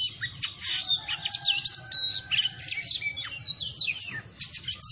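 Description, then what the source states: Oriental magpie-robin song, a dense run of varied chirps, trills and slurred whistles, high-pitched and continuous, over a faint low hum. Tretes kacer singing vigorously (gacor).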